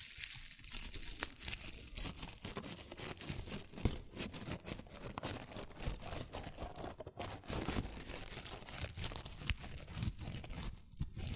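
Shredded tissue and packing peanuts rustle and crinkle continuously, a dense, busy crackle with frequent sharp crunches and no pauses throughout.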